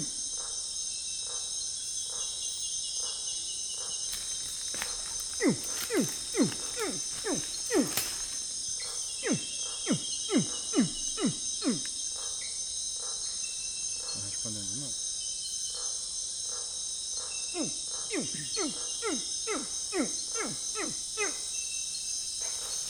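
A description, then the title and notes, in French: At night on a riverbank, someone imitates a crocodile's call: quick, falling chirps repeated about twice a second, from roughly 5 to 12 seconds and again from 17 to 22. A dense, steady, high insect chorus fills the background throughout. Nuit noire, sur la berge on imite le cri du crocodile en attendant sa réponse. Tauary, petit village au coeur de la forêt amazonienne. Rio Tefé.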